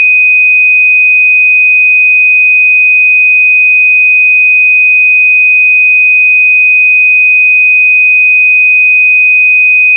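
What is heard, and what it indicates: A steady, unbroken high-pitched pure tone near 2500 Hz, a test tone used to determine and match the pitch of tinnitus.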